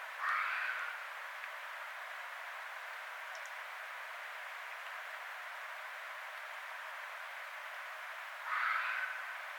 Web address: Red Fox 2012 02 06 Red Fox 01